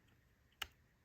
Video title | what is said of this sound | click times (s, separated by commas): How to replace VW coil pack connectors! Fix random misfire’s | this in listen for the little click | 0.6 s